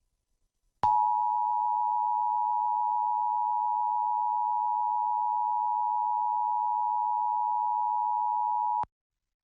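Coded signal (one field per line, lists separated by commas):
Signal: Emergency Alert System (SAME) tones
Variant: 853 and 960 Hz attention tone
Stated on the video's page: EAS tests, mostly monthly tests or required weekly tests, relayed by various TV stations using DASDEC-II encoders unless noted otherwise.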